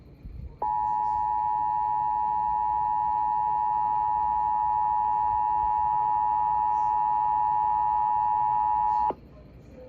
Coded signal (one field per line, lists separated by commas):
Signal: Emergency Alert System (SAME) tones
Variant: 853 and 960 Hz attention tone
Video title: Severe Thunderstorm Warning on KSCS-FM (EAS #221)